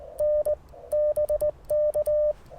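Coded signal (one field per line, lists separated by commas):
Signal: Morse code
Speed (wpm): 20 wpm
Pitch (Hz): 600 Hz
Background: none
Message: N BK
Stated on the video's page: QRP CW Parks on the Air activation, keyed with a cootie key (sideswiper) and later a single paddle on 30M; Icom IC-705 with magnetic loop antenna.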